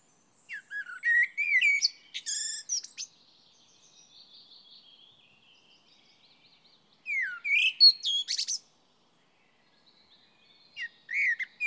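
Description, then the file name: Common blackbird singing two warbled phrases that end in squeaky twitters, separated by a quiet pause, with the start of another phrase at the end. "Turdus merula"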